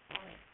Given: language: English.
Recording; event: throat vibration sensor signal played as sound; throat clearing